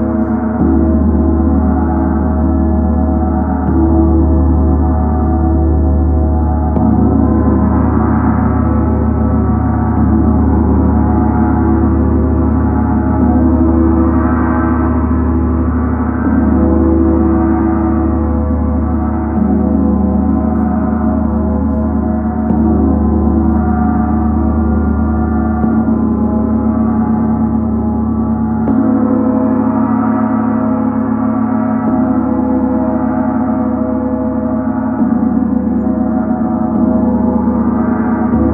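A large gong resonates continuously, its deep, dense shimmering drone layered with shifting low tones that swell and change every few seconds throughout.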